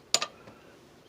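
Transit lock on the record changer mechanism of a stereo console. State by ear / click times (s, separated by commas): seated / 0.1 s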